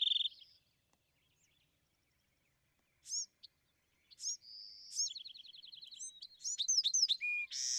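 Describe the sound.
Bewick's wren song: a brief buzzy note, a long silent gap, then high slurred notes and a fast rattling series of repeated notes, with sharp notes at the end.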